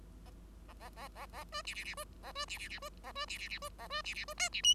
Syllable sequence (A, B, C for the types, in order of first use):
A A A A A B C C C B A B C C C B A B C C C B A B C C B D C E